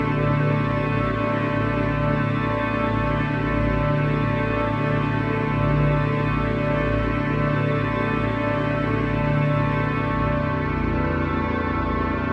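Binaural beats hum under a dense, steady bed of sustained tones that stays at an even loudness throughout. A slow, regular pulsing swells in the low and lower-middle range every couple of seconds, while a thick layer of held higher notes drones on without breaks.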